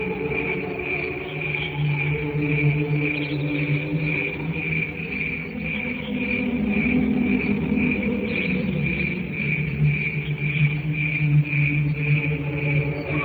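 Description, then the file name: Cricket chirps, high and pulsing through the whole stretch, with a low rumbling drone and faint tonal hum beneath. "canto grilli"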